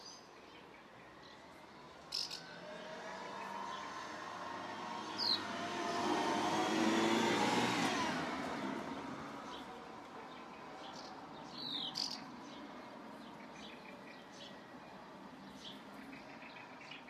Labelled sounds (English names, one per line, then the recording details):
Common House Martin call
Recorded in the wild
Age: adult
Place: Zepernick, Brandenburg, DE
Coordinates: 52.6497, 13.5436
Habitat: urban
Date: 2009-06-21 13:30
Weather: fair, ca. 20 °C, no wind
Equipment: Sound Devices 702, Rode NT1A
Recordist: Frommolt, Karl-Heinz